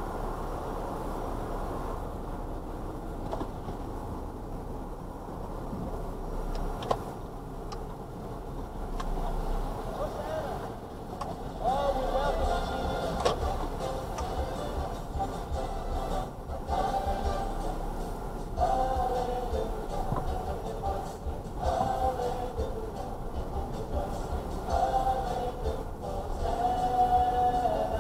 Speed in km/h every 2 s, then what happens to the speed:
0, 0, 0, 0, 0, 0, 0, 2, 3, 5, 5, 5, 5, 5.
0-14 standing. 14-28 steady at about 5.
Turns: none.